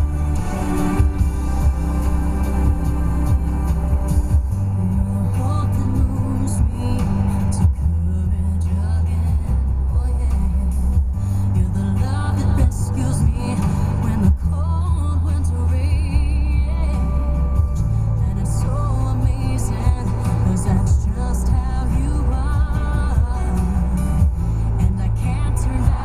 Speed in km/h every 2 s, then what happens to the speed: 68, 66, 64, 63, 61, 58, 58, 58, 60, 61, 63, 64, 66.
0-10 slows to 58. 10-26 speeds up to 66.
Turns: none.